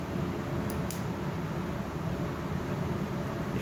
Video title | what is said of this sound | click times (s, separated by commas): Sterile Services - Aesculap Grasper: Assembly/Disassembly Tutorial – Basic Inserts | pushing into the handle you can hear a click from the handle | 0.9 s